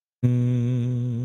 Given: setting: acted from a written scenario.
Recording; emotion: vocal sound without words; serenity